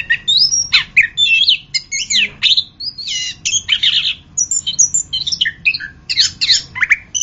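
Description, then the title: Orange-headed thrush giving a lively string of high, varied whistles and buzzy chirps, phrases changing every fraction of a second. "anis kembang"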